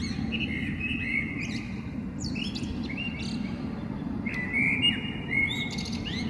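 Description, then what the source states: Eurasian blackbird giving rich whistled song phrases followed by thin high twitters, repeated a few times against a constant low rumble. Recorded 21 February 2023.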